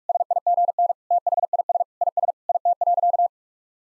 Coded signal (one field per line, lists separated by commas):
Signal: Morse code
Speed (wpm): 46 wpm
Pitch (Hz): 700 Hz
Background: none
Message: SIGN THIS IS IT.